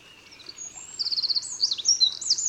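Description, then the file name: Eurasian wren, a brief burst of very high, fast trilling song with looping, sweeping notes following a quieter opening. "Troglodytes troglodytes"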